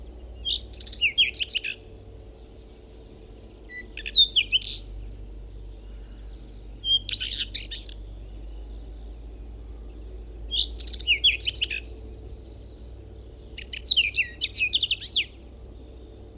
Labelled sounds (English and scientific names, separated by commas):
Whinchat (Saxicola rubetra) song